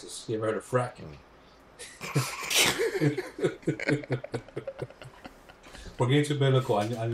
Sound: laughter